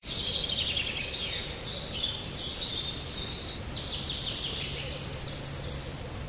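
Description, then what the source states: Eurasian blue tit calls, high thin notes followed by a fast buzzy trill, heard twice about four seconds apart, with soft background noise. Spring.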